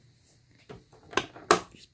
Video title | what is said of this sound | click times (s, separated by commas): Trainwreck Tutorial ~ Pinning Fabric & Threading the Machine ~ Lesson #3 ~ GOMMTube #186 | is over here just pull it out clicks into place and then | 1.5 s